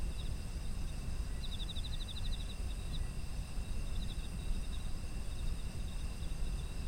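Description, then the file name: Insects calling, with a clear pulsed trill early on, then weaker trills over sustained high ringing notes and low steady rumble. Autumn insects, ambient environmental sound. "秋の虫の環境音"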